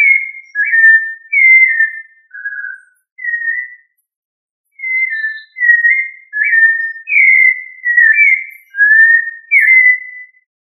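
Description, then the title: Thrush song of short, sweet whistled notes, slurred up and down, with a brief gap midway before the phrases continue in quick succession. "Familia Turdidae - Sabia"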